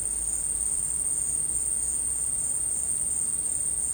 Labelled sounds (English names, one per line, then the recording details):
none
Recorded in secondary vegetation near Puerto Asís, Putumayo, Colombia, on 19 March 2025 at 12:30
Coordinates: 0.502, -76.326
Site G100